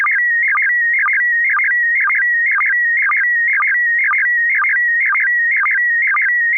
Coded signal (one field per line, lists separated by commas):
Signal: SSTV (slow-scan television)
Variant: PD 120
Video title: N6NA SSTV Net - 11/15/2023